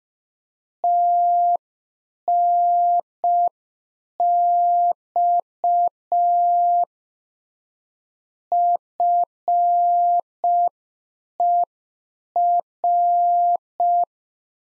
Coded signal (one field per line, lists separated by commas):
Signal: Morse code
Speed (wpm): 5 wpm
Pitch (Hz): 700 Hz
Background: none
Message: TNX FER